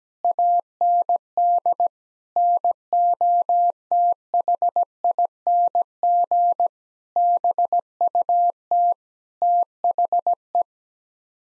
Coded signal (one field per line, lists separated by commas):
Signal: Morse code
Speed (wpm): 17 wpm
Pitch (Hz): 700 Hz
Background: none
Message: AND NOTHING BUT THE